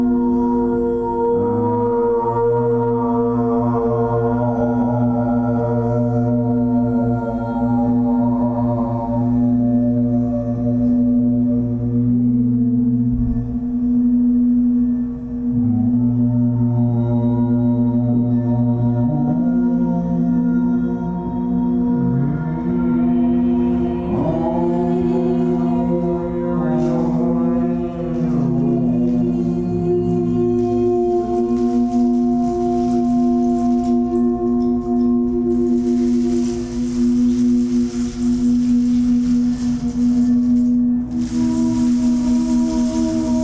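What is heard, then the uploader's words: Voices sing long, slowly shifting notes over the steady ring of a crystal singing bowl, which holds one bright tone throughout. The voices change pitch every few seconds and weave into brief glides around the middle, and a hissy rush joins near the end. Our voices are accompanied by a crystal singing bowl.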